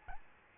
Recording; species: mosquito wingbeat signal from an infrared sensor; Aedes albopictus